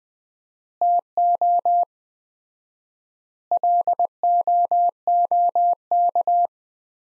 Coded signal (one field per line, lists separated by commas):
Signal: Morse code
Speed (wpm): 20 wpm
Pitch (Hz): 700 Hz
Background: none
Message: TO LOOK